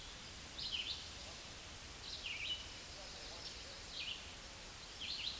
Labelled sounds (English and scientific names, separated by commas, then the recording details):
Red-eyed Vireo (Vireo olivaceus) song
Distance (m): 30 m
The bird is about 20 m above the microphone
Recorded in a Pennsylvania forest on 16 May 2024 at 08:28
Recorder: AudioMoth, point MSD-2201
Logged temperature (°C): 15.5 °C
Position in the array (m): 180 m, 75 m